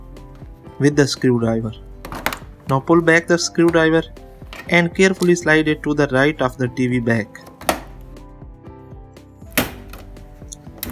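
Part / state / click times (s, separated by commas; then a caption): plastic back cover snap clips releasing from the TV front frame / released / 7.7 s, 9.6 s, 10.8 s. A screwdriver inserted in the seam of a screwless Samsung TU8000 TV is slid along the edge of its plastic back cover while someone talks over background music. The snap clips pop loose from the front frame one after another, with sharp clicks at 7.7, 9.6 and 10.8 seconds, and the clicks are normal with nothing breaking.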